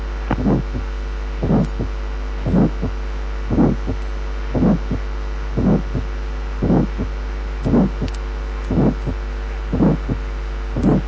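Adult heart heard by stethoscope at about 58 beats per minute, regular, with an ejection systolic murmur: a diamond-shaped, crescendo-decrescendo murmur separated from the heart sounds. It arises from the ejection of blood from a ventricle into a great vessel.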